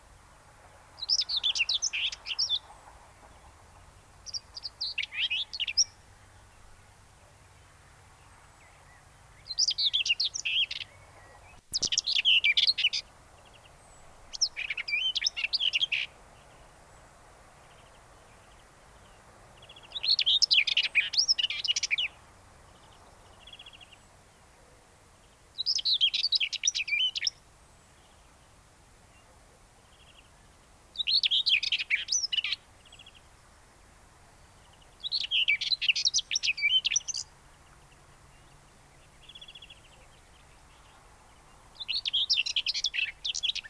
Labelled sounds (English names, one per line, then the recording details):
Common Whitethroat song
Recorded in the wild
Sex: male
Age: adult
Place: Hallstadt, Bayern, DE
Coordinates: 49.9272, 10.8808
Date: 1963-04-27
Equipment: Nagra, AKG D19/200, Original, Vollspur
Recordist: Tretzel, Erwin
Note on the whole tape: Männchen: Gesang mit Imitationen (z.B. wäd wäd wäd, mehrfach Pirol-Imitation, Nachtigall-huid, krrr-kit)